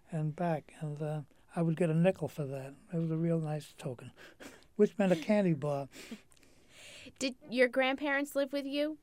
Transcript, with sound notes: and back and I would get a nickel for that, it was a real nice token, which meant a candy bar. (they laugh)
Did your grandparents live with you?